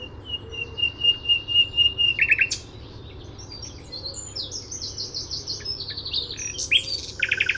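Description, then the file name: Common nightingale singing: a long series of pure whistled notes builds steadily, then breaks into harsh rapid chattering notes, with fainter varied phrases and a steady low hum behind. "Luscinia megarhynchos"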